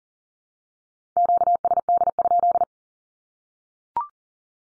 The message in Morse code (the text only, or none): QSD?